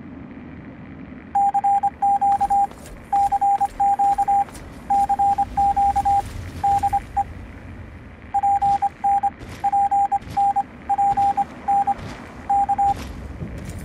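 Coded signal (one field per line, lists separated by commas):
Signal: Morse code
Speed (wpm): 25 wpm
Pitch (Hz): 800 Hz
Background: radio noise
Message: CQ CQ CQ DE PN PN PN K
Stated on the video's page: In-game Morse from Fallout 3 relay tower radio signal Papa November, activated by a transformer switch at a broadcast tower.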